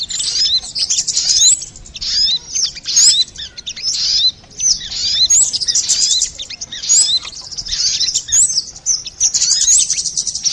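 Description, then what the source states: Crimson sunbird song: continuous shrill twitters with quick upslurred notes repeated at intervals. Tutor song (masteran) in the 'labaik' style.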